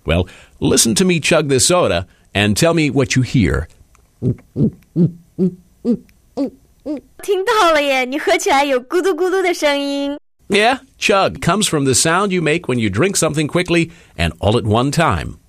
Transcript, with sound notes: Well, listen to me chug this soda and tell me what you hear.
(Sound of drinking) 听到了，你喝起来有咕嘟咕嘟的声音。
Yeah, chug comes from the sound you make when you drink something quickly and all at one time.